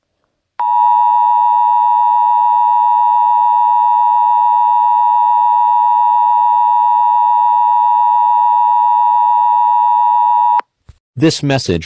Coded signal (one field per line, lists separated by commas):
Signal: Emergency Alert System (SAME) tones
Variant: 853 and 960 Hz attention tone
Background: speech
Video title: EAS SCENARIO 10: Dolly E.X.E Rampage